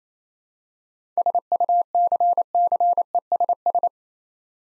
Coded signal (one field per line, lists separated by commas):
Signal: Morse code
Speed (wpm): 27 wpm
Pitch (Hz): 700 Hz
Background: none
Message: SUCCESS